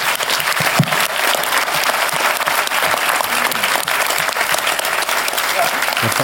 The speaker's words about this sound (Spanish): Así que nada, muchísimas gracias a vosotros. O sea, nosotros os aplaudimos a vosotros. Gracias.